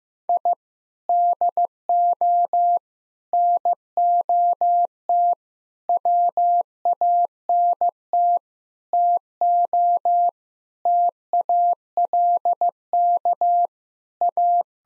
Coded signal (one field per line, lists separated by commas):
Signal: Morse code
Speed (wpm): 15 wpm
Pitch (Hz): 700 Hz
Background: none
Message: I DO NOT WANT TO TALK A